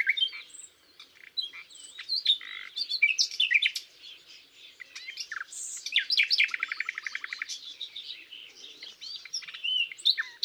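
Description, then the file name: Common nightingale singing a long varied sequence: chirps, slurred whistles and a fast rattling trill of repeated notes, with brief pauses between phrases. "Luscinia megarhynchos"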